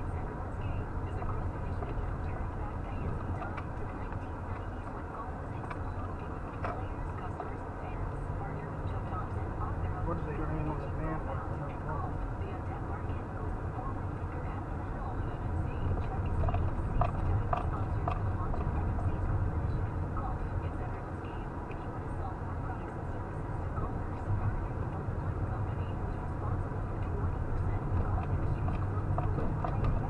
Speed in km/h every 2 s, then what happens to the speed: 15, 13, 11, 11, 15, 16, 18, 18, 16, 16, 19, 18, 19, 21, 24.
0-6 steady at about 11. 6-11 speeds up to 18. 11-19 steady at about 16. 19-30 speeds up to 24.